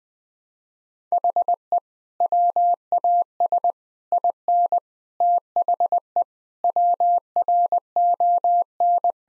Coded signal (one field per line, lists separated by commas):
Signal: Morse code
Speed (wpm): 20 wpm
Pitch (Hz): 700 Hz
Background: none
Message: HE WAS IN THE WRON